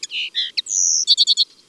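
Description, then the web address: Common linnet song phrase: quick chirps, a sustained high whistle, then a burst of four fast repeated notes. Recorded in May. "Mai La Linotte melodieuse. les-4-saisons-des-chants-doiseaux"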